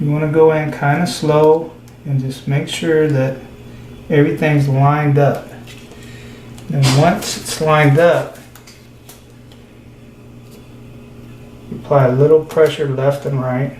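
A plastic screen bezel is lined up on a Toshiba laptop display lid before pressure is applied to snap it in, while someone talks. Soft handling taps and small knocks are heard between the speech. Nothing has seated or clicked yet.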